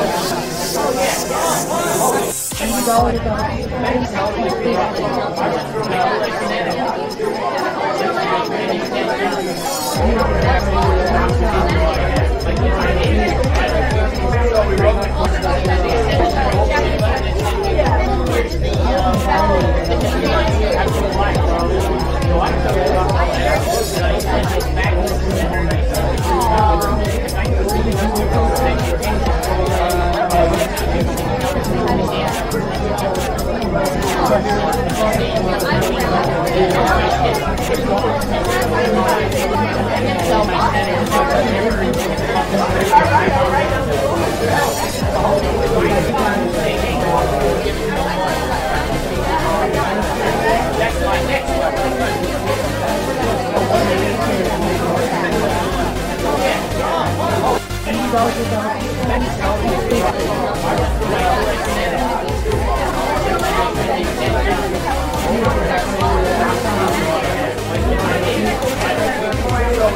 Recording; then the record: background sound without coughing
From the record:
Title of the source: Nightlife Party Simulating Party Club Noise 1 Hour